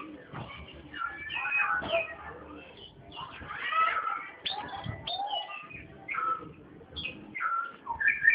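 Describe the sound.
Oriental magpie-robin song, a dense jumble of whistles, slurs and chirps running almost continuously, with low background rumble.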